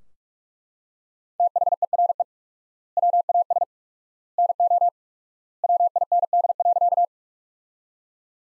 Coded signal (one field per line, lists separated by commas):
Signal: Morse code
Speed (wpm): 41 wpm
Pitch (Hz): 700 Hz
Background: none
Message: THERE WAS NO WIND.